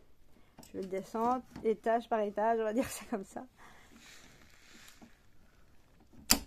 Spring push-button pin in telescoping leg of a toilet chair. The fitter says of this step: voilà on entend le petit clic c'est parfait c'est qu'on est à la bonne dimension